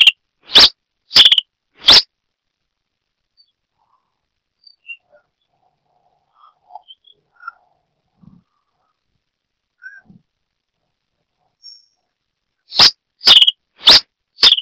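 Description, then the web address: Red-crested finch chips: a few sharp high notes, a long near-silent pause with faint scattered sounds, then four more quick chips, some trailing into a short tail. "sonidos Coryphospingus cucullatus - Brasita de fuego"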